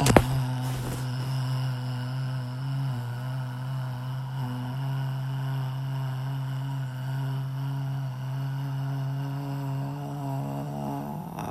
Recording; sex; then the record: sustained vowel /a/; female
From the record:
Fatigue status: fatigue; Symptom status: symptomatic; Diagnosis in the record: COVID-19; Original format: m4a